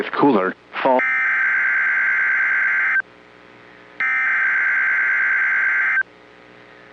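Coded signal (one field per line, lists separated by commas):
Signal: Emergency Alert System (SAME) tones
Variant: header bursts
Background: speech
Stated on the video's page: Severe weather SAME alerts received on NOAA Weather Radio and on a broadcast station.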